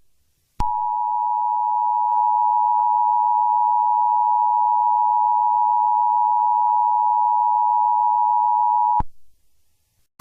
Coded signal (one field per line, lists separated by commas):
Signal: Emergency Alert System (SAME) tones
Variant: 853 and 960 Hz attention tone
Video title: EAS Mock - 1-20-20 - COVI19 REMAKE